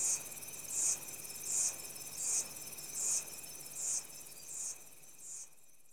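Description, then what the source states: Insects chirping in a high-pitched rainforest chorus, loud bursts repeating roughly every 0.8 seconds over a steady continuous trill and background hum. Insects in tropical rainforest, Central African Republic, early evening.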